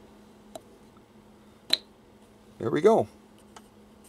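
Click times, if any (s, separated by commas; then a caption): 1.7 s. A plastic pattern cam, cam B, is turned slightly to find its spot and then pushed slowly into the cam holder of a vintage Viking 6370 sewing machine. It gives a sharp snap at 1.7 s, with fainter ticks around 0.6 s and 3.6 s, and someone talks just after the snap. The cam is seated in place.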